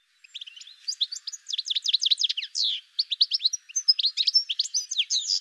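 Bird twittering with fast, sharp downward-slurred chirps and a few longer notes, almost without pause.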